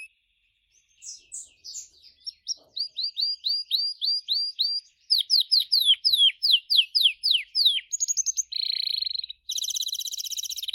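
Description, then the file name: Gloster canary song with rapid series of crisp repeated notes, switching between phrases, then dense buzzing rolls near the end. "canto do canario gloster"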